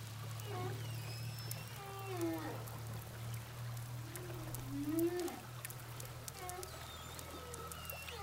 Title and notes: whales sound hydrophone, saint gilles de la reunion. au large de saint gilles de la Réunion baleine à bosse